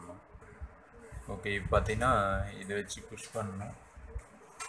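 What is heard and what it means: During a wet grinder bearing replacement, a metal bearing assembly part is being pushed into its housing on the grinder while someone talks throughout. Nothing has seated or clicked into place yet by the end of the clip.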